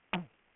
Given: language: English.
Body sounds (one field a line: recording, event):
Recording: throat vibration sensor signal played as sound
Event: throat clearing